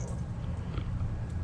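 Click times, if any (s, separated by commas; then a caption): none. A custom-soldered red wire terminal (male pin), a crimped wire terminal, is pushed back into the plastic fog light harness connector housing over a steady low hum, with a faint tap near 0.8 s. The terminal holds strong, but nothing has clicked or seated; it does not lock into the housing.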